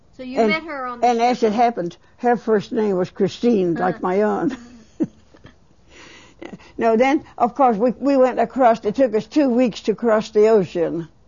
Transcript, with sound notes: So you met her on the--
And as it happened, her first name was Christine, like my own. (She laughs.) Now, then, of course, we went across. It took us two weeks to cross the ocean